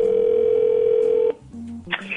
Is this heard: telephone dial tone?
yes